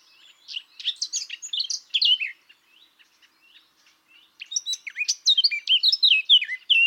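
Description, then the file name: Eurasian blackcap song in two bursts: a scratchy, chattering warble first, then after a pause a louder run of clear, fluty whistled notes. "Sylvia atricapilla"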